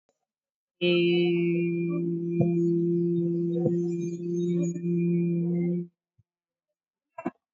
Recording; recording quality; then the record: sustained vowel as in made; excellent, no background noise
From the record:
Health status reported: COVID-19 positive, mild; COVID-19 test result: positive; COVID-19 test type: RT-PCR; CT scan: taken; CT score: 9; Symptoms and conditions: cough, fatigue, muscle pain, loss of smell and taste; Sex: female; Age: 55 years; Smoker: no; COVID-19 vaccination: one dose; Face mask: worn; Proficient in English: yes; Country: India